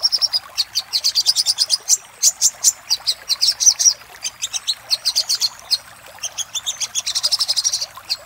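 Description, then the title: Little spiderhunter delivering bursts of quick, piercing high notes separated by short gaps, ending with a longer fast run. Master recording of little spiderhunter ('sogok ontong'), labelled Labaik, used for training cage birds. "Masteran Burung Sogok Ontong Labaik"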